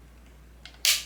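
A click-type torque wrench tightens a red dot optic mounting screw into a pistol slide until it clicks at its setting of about 19 inch-pounds. A faint tick comes at 0.6 s, then the wrench gives one sharp, bright click at 0.9 s that rings briefly and fades. The screw reaches its torque setting with that single click.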